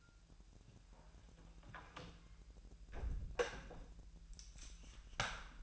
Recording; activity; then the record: daily activity, microphone in the room; close door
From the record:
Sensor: 2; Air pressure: 1001.3 hPa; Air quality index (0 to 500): 245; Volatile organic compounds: 81 ppm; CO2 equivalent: 3618 ppm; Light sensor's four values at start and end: 10/24/10/10 and 9/23/9/10